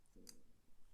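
A plastic plasma weapon fitted with a rare earth magnet is brought to the magnetised arm of a plastic miniature dreadnought. It snaps into place with a short, sharp click at 0.3 s over a faint low rumble. The weapon is confirmed seated on the arm.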